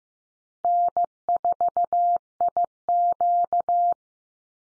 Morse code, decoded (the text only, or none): N4IQ